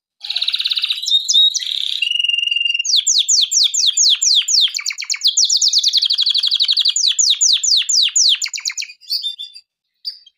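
Canary song: a long run of rapid, evenly repeated sweeping notes forming fast rolling trills after an opening buzzy phrase, closing with a few soft chips.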